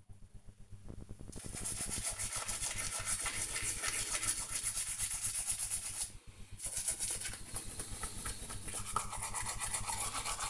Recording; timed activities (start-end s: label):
household activities, microphone on the right wrist
0.00-10.50 s: brushing teeth